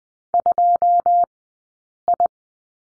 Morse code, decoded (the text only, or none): 2I